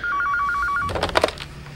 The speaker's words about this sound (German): Ich will gerade loslegen, wo in aller Welt bitteschön mein verdammtes Croissant, als mein Telefon klingelt.